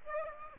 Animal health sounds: mosquito wingbeat signal from an infrared sensor; Aedes aegypti

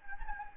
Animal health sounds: mosquito wingbeat signal from an infrared sensor; Anopheles gambiae

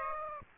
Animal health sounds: mosquito wingbeat signal from an infrared sensor; Aedes aegypti

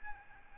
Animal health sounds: mosquito wingbeat signal from an infrared sensor; Aedes albopictus

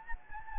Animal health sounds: mosquito wingbeat signal from an infrared sensor; Anopheles gambiae

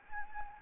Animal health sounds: mosquito wingbeat signal from an infrared sensor; Anopheles gambiae

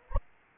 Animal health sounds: mosquito wingbeat signal from an infrared sensor; Anopheles arabiensis

